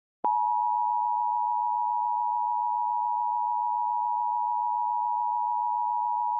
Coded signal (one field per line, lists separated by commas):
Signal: Emergency Alert System (SAME) tones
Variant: 853 and 960 Hz attention tone